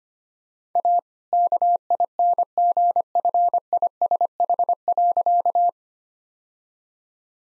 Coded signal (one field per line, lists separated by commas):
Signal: Morse code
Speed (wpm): 25 wpm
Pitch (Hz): 700 Hz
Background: none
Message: A KINGFISH.